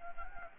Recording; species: mosquito wingbeat signal from an infrared sensor; Anopheles gambiae